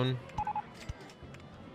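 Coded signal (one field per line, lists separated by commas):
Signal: none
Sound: a game's track-building beeps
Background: speech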